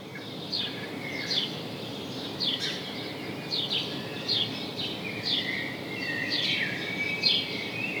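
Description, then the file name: House sparrow chirps, a string of short bright notes, some dropping in pitch, repeated irregularly over a low steady hiss. "Passer domesticus"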